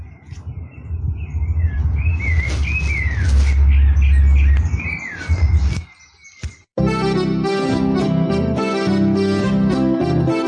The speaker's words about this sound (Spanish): Acá están los demás pájaros que los están saludando a Juan Carlos Chévez en este homenaje que estamos haciendo.